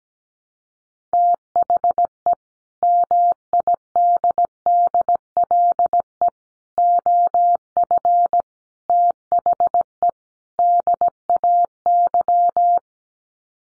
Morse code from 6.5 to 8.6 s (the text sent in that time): OF